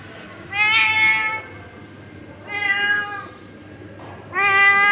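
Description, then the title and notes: Cat meowing in three loud, drawn-out cries with rich harmonics, separated by pauses, the last one cut off at the end. Male domestic cat, caught one morning meowing angrily after the owner came home without food for him. "Today morning I arrived my house without food for my cat. So he became so anrgy to me. He shouted me."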